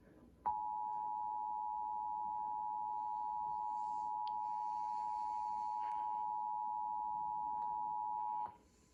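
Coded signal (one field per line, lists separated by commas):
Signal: Emergency Alert System (SAME) tones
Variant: 853 and 960 Hz attention tone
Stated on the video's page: EAS test aired on CBS in the early morning.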